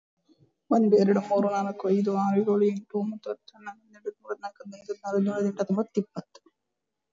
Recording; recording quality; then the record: counting at a fast pace; moderate, slight background noise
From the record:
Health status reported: exposed to COVID-19, no respiratory illness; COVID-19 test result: negative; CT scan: not taken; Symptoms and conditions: cold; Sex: female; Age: 39 years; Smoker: no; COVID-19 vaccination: both doses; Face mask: worn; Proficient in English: yes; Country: India